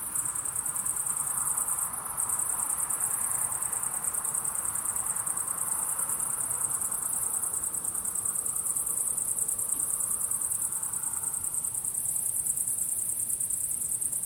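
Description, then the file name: Cricket chirping in a steady, very high-pitched pulsing trill that runs almost unbroken. Recorded at sunset. "syrsor solnedgang"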